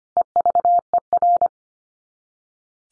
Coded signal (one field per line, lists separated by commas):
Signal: Morse code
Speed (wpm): 25 wpm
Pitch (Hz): 700 Hz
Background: none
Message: EVER